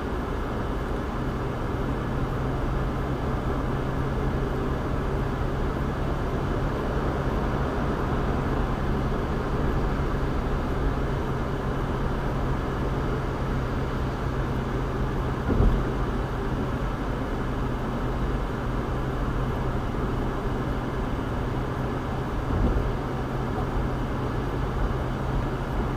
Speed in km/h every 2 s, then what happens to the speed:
81, 84, 85, 87, 85, 82, 81, 81, 79, 79, 81, 81, 81.
0-6 speeds up to 87. 6-16 slows to 79. 16-26 steady at about 81.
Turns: none.